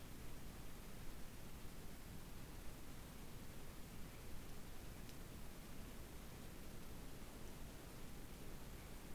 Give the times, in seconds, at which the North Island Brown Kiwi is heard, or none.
none